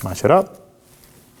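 A new front wiper blade is being slid onto the hook of the windshield wiper arm on a 2014-2020 Acura MDX, to be pushed until it locks. Someone talks briefly, then there is quiet handling and a short, sharp sound at about 1.4 seconds. The blade has not clicked or seated onto the arm yet.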